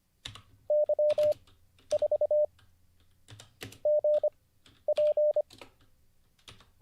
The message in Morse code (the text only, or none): Y4 GP